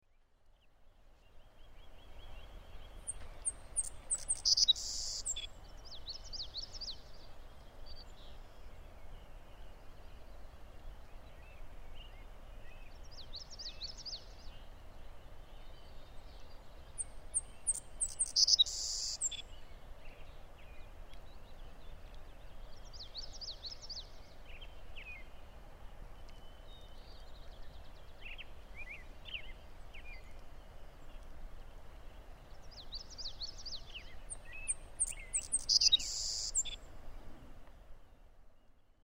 In the Lower Slough Creek Valley, the song of a Savannah Sparrow rises above the melodies of common yellowthroats, American robins, and other songbirds.